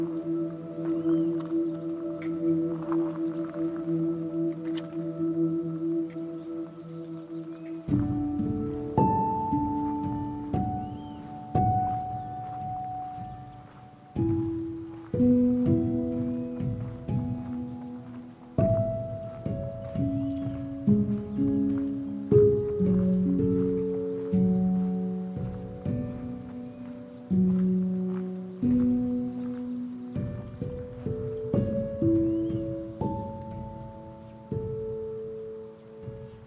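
Recorded at Patagonia Lake State Park in SE Arizona: for the first eight seconds a steady low hum of held tones, then a slow run of sustained pitched notes stepping up and down every second or two. A faint, thin high whine runs throughout.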